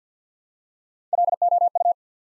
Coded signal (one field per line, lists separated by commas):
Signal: Morse code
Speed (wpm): 48 wpm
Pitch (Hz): 700 Hz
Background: none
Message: LOU